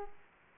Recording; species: mosquito wingbeat signal from an infrared sensor; Aedes aegypti